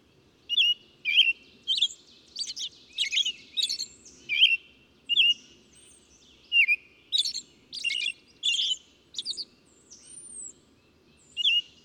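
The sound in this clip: A bird sings busy twittering chirps in quick clusters. A few faint, high, thin whistles drift through, with a gentle low background noise.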